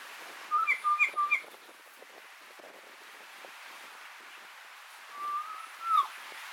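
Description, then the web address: Kokako calling with a brisk cluster of short paired whistles, then a quiet pause and a longer, smooth note that drops sharply at its end. "sound kōkako"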